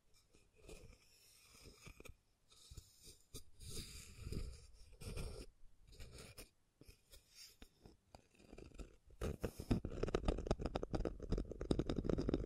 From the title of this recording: Scratching & Tracing